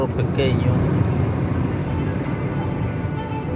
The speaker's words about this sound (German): Nach Altar kann man nicht in so einer typischen Narkokarre fahren. Mit einem großen Auto macht man sich dort sofort verdächtig. Deshalb fahren wir in so einem kleinen Sedan. Das ist viel besser.